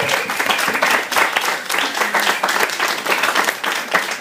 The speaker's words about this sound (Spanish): Y a todos, un aplauso para el Hombre Araña, Stan Lee y Steve Ditko.